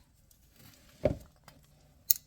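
The electrical plug of the ABS wheel speed sensor on a 2012 Ford Focus is pushed back into its plastic harness connector housing after a warning popped up on the console. After soft rustling, a dull thump at 1.1 s and a faint tick at 1.5 s, a sharp, bright click lands at 2.1 s. The connector is seated and in snug.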